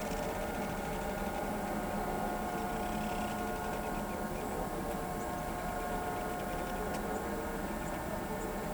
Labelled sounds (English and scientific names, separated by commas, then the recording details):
none
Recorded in pastures near Pivijay, Magdalena, Colombia, on 14 April 2023 at 07:00
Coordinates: 10.456, -74.369
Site P6-G026